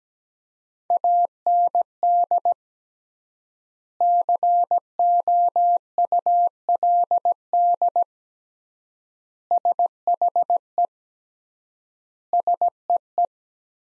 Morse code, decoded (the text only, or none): AND COULD SHE SEE